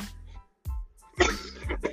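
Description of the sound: A steady low hum gives way to two abrupt, harsh bursts about half a second apart: an adult coughing between stretches of conversation, after holding the cough in for about ten minutes. They are single forceful coughs, not a prolonged fit.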